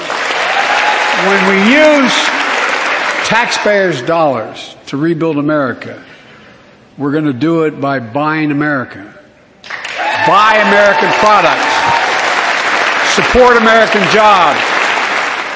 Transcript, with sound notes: When we use taxpayers` dollars to rebuild America, we`re going to do it by buying America.
(APPLAUSE)
Buy American products, support American jobs.